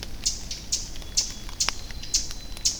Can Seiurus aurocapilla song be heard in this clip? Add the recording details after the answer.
no. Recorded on 24 June 2016 at 08:10. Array SBT-6-76